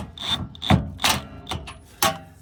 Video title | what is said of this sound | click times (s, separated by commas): Installation of a Curt Trailer Hitch Receiver on the 2025 Jeep Gladiator | So you hear that first little click. | 2.0 s